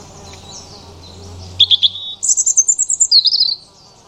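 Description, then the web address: European robin song: after low steady hum, a few clear high notes followed by a fast, sparkling series of very high trilled notes, ending in a short twitter. "cianscape birddata Deverinetal 2025 Bird Only Er Ru"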